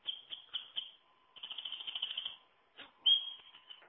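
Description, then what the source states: Wren song: bursts of fast, high, tinkling trills with short pauses between phrases and a faint steady hum underneath. Tuneful song.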